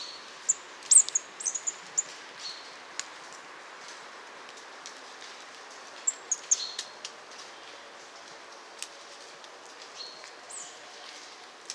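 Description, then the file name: Marsh tit calling with high thin chirps in short clusters near the start and again midway, separated by quieter stretches with light ticking sounds. "Poecile palustris"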